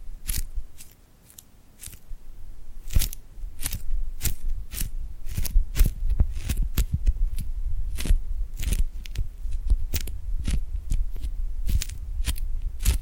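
Sticky glued hands make repeated sharp peeling clicks, a few per second, over a low steady rumble, with a brief quieter stretch near two seconds.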